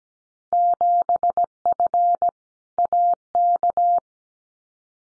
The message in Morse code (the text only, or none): 7F AK